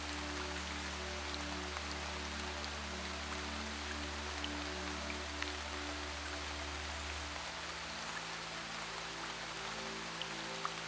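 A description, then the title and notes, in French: Heavy, steady rain hisses densely throughout over soft, low sustained music tones whose deepest note fades out after about seven seconds. Son de PLUIE Battante et MUSIQUE pour le BIEN-ETRE Nocturne. Vibrations naturelles de la pluie intense combinées aux harmonies musicales. Son d'une pluie battante et d'une musique douce.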